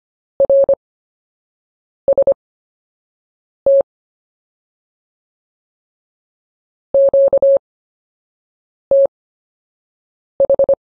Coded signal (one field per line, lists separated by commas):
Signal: Morse code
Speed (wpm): 25 wpm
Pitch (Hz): 550 Hz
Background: none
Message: RST QTH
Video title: CW Anchor Words Module 1 Slow Speed Workout